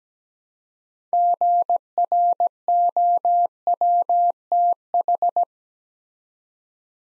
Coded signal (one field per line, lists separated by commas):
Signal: Morse code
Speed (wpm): 17 wpm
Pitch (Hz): 700 Hz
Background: none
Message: GROWTH